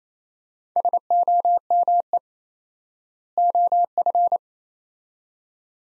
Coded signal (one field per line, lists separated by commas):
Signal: Morse code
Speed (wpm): 28 wpm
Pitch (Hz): 700 Hz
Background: none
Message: SOME OF